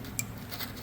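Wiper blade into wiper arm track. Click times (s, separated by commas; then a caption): 0.2 s. A new wiper blade for a 2022 Volvo XC60 is slid along its track on the wiper arm and pushed until it clicks fully in place. A single sharp click is heard at 0.2 s, followed by a faint rustle of handling. The blade is seated and checked to be tight.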